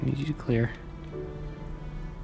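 Someone talks while using snap ring pliers to push a steel retaining ring onto a shaft of an NB Miata 6-speed transmission during shell re-assembly. A steady low hum runs underneath the handling. The ring has not yet snapped into its groove, and nothing has seated or clicked.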